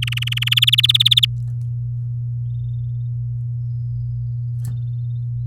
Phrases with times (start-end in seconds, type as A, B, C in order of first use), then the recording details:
0.02-0.49 A, 0.51-1.25 B. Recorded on 6 May 2018 at 06:11. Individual llb16